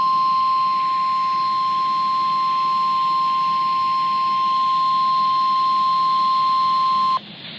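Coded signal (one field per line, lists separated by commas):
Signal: Emergency Alert System (SAME) tones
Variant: 1050 Hz attention tone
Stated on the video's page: Required weekly test on NOAA Weather Radio station WXL46.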